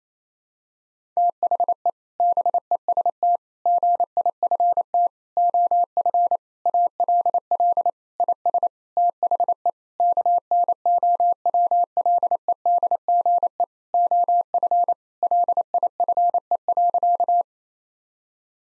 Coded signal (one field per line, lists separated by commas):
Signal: Morse code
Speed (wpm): 27 wpm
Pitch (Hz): 700 Hz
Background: none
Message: THE BEST GIFT OF ALL IS THE KNOWLEDGE OF LIFE.